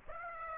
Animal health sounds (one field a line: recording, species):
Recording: mosquito wingbeat signal from an infrared sensor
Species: Aedes aegypti